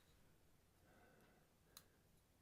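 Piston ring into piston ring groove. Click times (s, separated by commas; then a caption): 1.8 s. A new metal piston ring for a KTM 250/300 XC-W top end is slid into its piston groove and worked around, with quiet handling noise throughout. A single small, sharp click at 1.8 s marks the ring snapping into the groove and seating.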